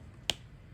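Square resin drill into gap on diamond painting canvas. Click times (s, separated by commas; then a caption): 0.3 s. A square resin diamond-painting drill is pressed into an empty "even" gap between neighbouring drills on an adhesive canvas. A single short, sharp click sounds at 0.3 s over a quiet, steady background. The drill snaps into place and is seated.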